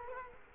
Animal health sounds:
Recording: mosquito wingbeat signal from an infrared sensor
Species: Culex quinquefasciatus

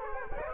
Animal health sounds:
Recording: mosquito wingbeat signal from an infrared sensor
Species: Culex quinquefasciatus

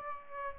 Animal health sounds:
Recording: mosquito wingbeat signal from an infrared sensor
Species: Aedes aegypti

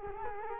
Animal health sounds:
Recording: mosquito wingbeat signal from an infrared sensor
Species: Culex quinquefasciatus

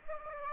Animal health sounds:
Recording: mosquito wingbeat signal from an infrared sensor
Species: Aedes aegypti

